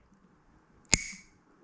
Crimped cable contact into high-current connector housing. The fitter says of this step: metal Spring right there and then once once you push it all the way through you're gonna hear a click